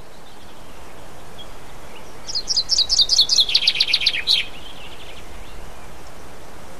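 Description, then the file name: Common chaffinch song after a quiet start: a roughly two-second series of crisp notes falling in pitch, ending in a brisk flourish, then silence. "pinson"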